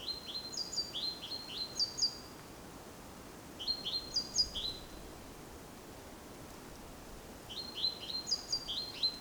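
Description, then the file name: Great tit calling in three bursts of rapid rising high notes and thin squeaks, separated by quiet pauses. "Parus major"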